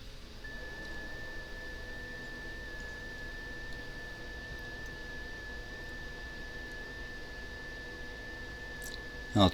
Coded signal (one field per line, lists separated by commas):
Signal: FT8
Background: speech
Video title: WSJT-X FT8 EASY Newest Features Operating Guide Part 2 With Hound Dxpedition Mode